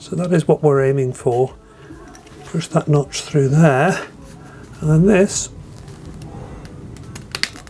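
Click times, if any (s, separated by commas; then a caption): 7.4 s. Someone talks while pushing a new cigar lighter socket piece into the centre console trim of a Porsche Boxster 986, lining its notch up through the opening. Near the end, after a few faint taps, two sharp clicks at about 7.4 s and 7.4 s mark the piece snapping into place.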